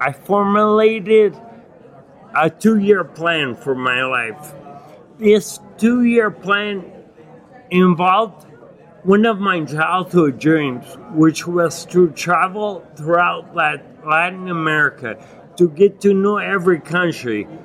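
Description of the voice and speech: A man with acquired ataxia (Lance-Adams syndrome) after Legionnaires' pneumonia and a 12-day induced coma that caused severe brain damage speaks slowly in short, effortful chunks, with frequent pauses inside phrases and several drawn-out sounds, while the words stay intelligible. This halting, stretched delivery fits ataxic dysarthria, a speech-motor disorder with poor coordination of articulation and breathing; speaking and articulating are very difficult for him.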